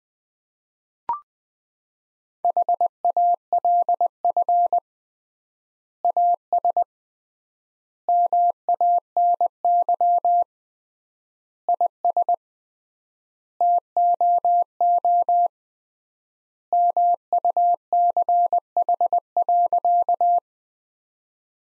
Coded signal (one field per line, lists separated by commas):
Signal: Morse code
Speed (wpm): 20 wpm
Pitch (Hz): 700 Hz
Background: none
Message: HALF AS MANY IS TOO MUCH.